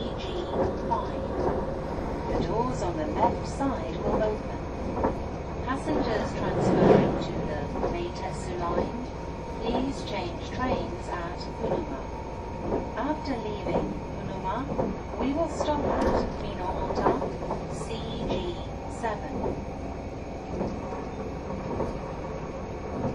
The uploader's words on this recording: HC85系 ひだ01号(グリーン車). 名古屋～高山. 列車走行音. A great balance between the engine sound and the motor sound in a quiet space of the green car.